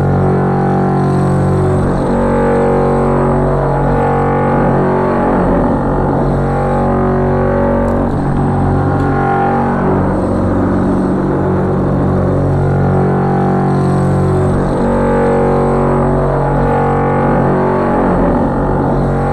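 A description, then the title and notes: A drill works steadily into a wall, its motor giving a constant low, dense whine layered with rough grinding. The level holds almost unchanged for the whole stretch, with slight surges and dips every few seconds and a brief sharp tick near the eight-second mark. The sound of Willy drilling a hole in the exterior wall of the basement to put in a new spigot. Recorded by Dan Bodah in his kitchen, Brooklyn NY, March 2009.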